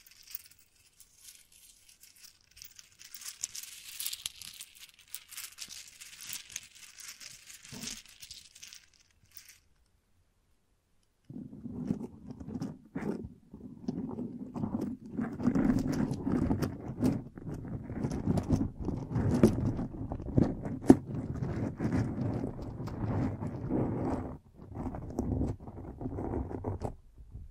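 Mic brushing and scratching: for the first nine seconds, light hissy scratching sits high and thin, then stops for a brief silence. From about eleven seconds, heavier, lower rubbing and thumping sets in, dense and uneven, with sharp knocks scattered throughout until the end.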